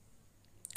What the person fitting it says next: మనకి ఇది ringer set అనేది లాక్ అవుతుంది ఫ్రెండ్స్.